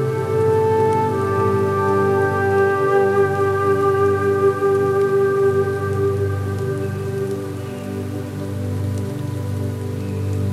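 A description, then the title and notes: A flute holds long, slow notes over steady rain, with one bright sustained tone lasting from the start to about six seconds before the melody settles lower. The rain is an even, dense hiss throughout, with scattered drop ticks and a low rumble underneath. Relaxing Sad Flute Music in a Peaceful Rainy Forest, ambient, meditation, yoga, nature, study, and deep sleep.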